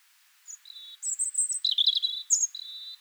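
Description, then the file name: European robin song phrase: a thin high whistle, then a tumbling run of sweet, sharply changing notes ending in a sustained whistled tone. "Erithacus rubecula"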